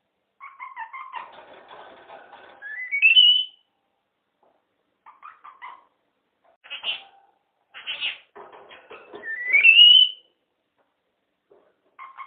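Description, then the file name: Red-fronted parrot giving clear whistles that rise sharply, twice, mixed with scratchy chattering, clicks and short harsh notes, with quiet pauses between bursts. Pet parrot. "kongolezskii popugai liza"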